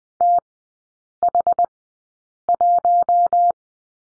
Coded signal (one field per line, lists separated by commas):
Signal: Morse code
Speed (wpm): 20 wpm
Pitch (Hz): 700 Hz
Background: none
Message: TH1